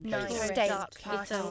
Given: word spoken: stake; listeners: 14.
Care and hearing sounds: one English word in noise, from a listening test; four-talker babble; -0.5 dB; 3 of 14; 7 of 14; 1.11 s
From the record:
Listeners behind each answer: 7, 3, 3, 1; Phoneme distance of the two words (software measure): 35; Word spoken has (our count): 1 syllable, 4 phonemes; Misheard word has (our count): 1 syllable, 3 phonemes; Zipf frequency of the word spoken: 4.27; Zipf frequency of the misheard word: 5.83

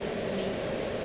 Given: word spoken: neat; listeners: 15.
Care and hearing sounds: one English word in noise, from a listening test; speech-shaped noise; -6.7 dB; 2 of 15; 9 of 15; 0.65 s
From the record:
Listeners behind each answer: 9, 2, 1, 1, 1, 1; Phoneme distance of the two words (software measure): 10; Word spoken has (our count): 1 syllable, 3 phonemes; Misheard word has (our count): 1 syllable, 3 phonemes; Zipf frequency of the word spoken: 4.00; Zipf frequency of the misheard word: 5.41

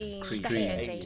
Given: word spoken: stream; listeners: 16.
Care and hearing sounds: one English word in noise, from a listening test; four-talker babble; -0.7 dB; 1 of 16; 6 of 16; 0.66 s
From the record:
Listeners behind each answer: 6, 2, 2, 1, 1, 1, 1, 1, 1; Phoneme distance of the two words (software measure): 27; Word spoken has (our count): 1 syllable, 5 phonemes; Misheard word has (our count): 1 syllable, 4 phonemes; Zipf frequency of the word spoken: 4.13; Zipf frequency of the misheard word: 3.06

